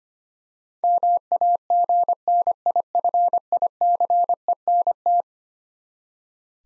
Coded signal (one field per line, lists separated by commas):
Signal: Morse code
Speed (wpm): 25 wpm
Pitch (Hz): 700 Hz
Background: none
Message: MAGNIFICENT